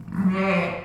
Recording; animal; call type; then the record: contact call of a hoofed animal; sheep; low-frequency (closed-mouth) or high-frequency (open-mouth) call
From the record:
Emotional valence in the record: negative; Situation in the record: short social isolation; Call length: 0.85 s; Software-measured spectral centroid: 1630 Hz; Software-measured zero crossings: 1450 a second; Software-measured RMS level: -23 dBFS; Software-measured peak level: -10 dBFS